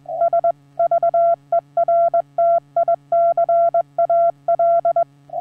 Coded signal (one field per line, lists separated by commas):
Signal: Morse code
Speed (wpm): 20 wpm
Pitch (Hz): 680 Hz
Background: none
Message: S VERTICAL